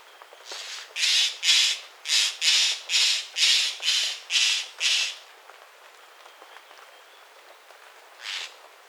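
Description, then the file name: Bird calls: harsh, raspy squawks in a quick run of nine, then a pause and one more squawk near the end. "SABIOD 50 bird 2015"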